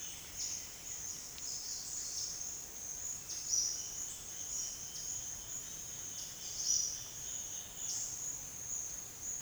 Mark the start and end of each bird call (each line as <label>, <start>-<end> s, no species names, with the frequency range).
bird call (3.6-8.0 kHz), 0.34-2.55 s
bird call (3.0-7.6 kHz), 3.23-4.15 s
bird call (3.6-8.5 kHz), 6.01-7.12 s
bird call (2.7-8.9 kHz), 7.81-8.40 s